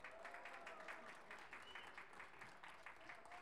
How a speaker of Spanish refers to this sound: Gran aplauso para ellos.